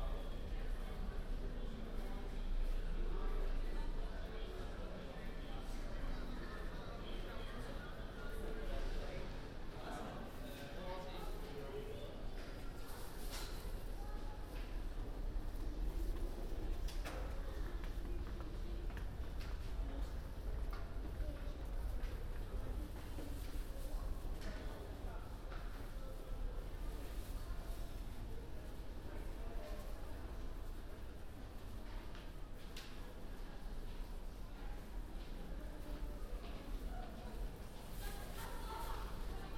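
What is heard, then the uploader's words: A binaural field recording of a journey, with a steady low rumble under overlapping murmured voices and scattered sharp clicks and clatters throughout. A binaural field recording, from my studio in Sunset Park to my apartment in Harlem.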